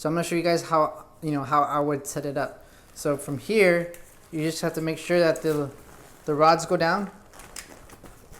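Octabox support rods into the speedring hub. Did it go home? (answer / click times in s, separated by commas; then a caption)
no / none. Someone talks while setting up a 38-inch Glow ParaPop octabox, handling its support rods as they are pushed down toward the central speedring hub. Nothing has seated or clicked into place yet. A brief faint tap comes near 7.6 seconds as the talking pauses.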